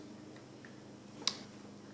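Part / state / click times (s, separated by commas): voltage converter harness connector into motorcycle tail light wiring / seated / 1.3 s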